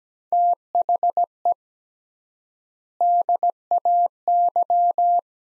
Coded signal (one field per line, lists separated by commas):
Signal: Morse code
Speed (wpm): 17 wpm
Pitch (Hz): 700 Hz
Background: none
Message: THE DAY